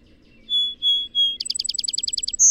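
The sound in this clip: Song Sparrow song: three long whistled introductory notes, then a quick buzzy trill ending in a bright high note.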